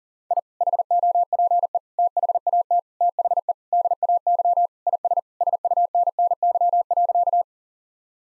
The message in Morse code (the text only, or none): I HOPE THAT THE DAY IS SUNNY.